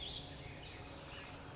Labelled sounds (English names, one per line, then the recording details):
California Towhee
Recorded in Sonoma County, California